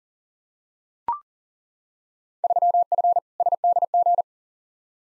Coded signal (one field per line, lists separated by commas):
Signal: Morse code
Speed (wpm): 40 wpm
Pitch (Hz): 700 Hz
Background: none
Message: 3F SDG